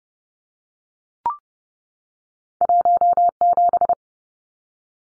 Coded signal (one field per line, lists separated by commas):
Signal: Morse code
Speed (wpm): 30 wpm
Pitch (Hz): 700 Hz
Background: none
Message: 17